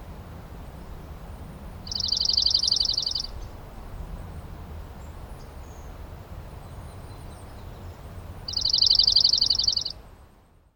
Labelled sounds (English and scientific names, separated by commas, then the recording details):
Dark-eyed Junco (Junco hyemalis) song
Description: Dark-eyed Junco song recorded on the Black Canyon Trail in Rocky Mountain National Park
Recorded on 25 May 2016